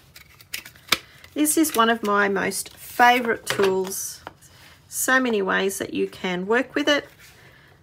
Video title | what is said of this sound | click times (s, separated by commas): 'Scrap With Me X 3'- What A Zoo Too! Edition. | i'm just going to slide that into the housing bracket until it clicks | 0.9 s